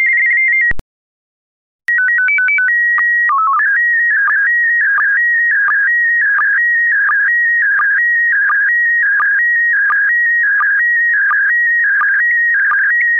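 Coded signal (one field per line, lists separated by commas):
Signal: SSTV (slow-scan television)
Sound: short pause, stepping tones and a steady whistle, then warbling tone with regular ticking blips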